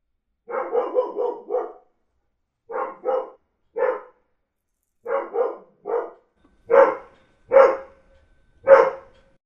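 Dog barking in short bursts, a quick run of five barks, then pairs and single barks with pauses, the last few louder and sharper; no other sounds.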